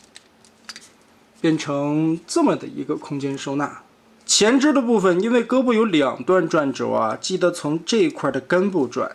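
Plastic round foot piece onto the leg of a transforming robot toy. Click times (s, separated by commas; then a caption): 0.2 s, 0.7 s. The large round plastic foot of a transforming robot toy is folded down and fastened back onto its leg, giving two sharp plastic clicks at about 0.2 s and 0.7 s as it seats. Someone then talks over the rest of the clip.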